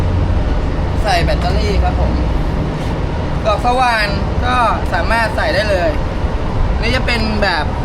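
An SDS drill bit is handled at the chuck of a Milwaukee rotary hammer while someone talks over a steady low background hum. The bit has not yet seated or clicked into the chuck by the end of the clip.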